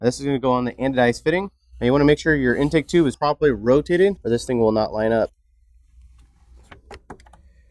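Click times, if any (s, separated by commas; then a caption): 7.1 s. Someone talks while a hard plastic breather line with a spring quick-release end is lined up on the anodized aluminum fitting of a new Delta Force Performance air intake tube (615160) on a 2015-17 Ford Mustang 2.3L EcoBoost. After the talk stops, a few faint taps lead into a sharp snap at 7.1 s, followed by quieter clicks. The quick-connect seats onto the fitting.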